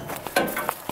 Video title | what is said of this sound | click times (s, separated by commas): Patreon Team Only: The Van Tour! | And then voila, locks into place. | 0.4 s